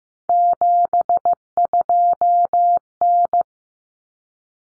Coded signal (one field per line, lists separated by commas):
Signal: Morse code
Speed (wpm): 15 wpm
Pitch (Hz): 700 Hz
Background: none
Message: 72N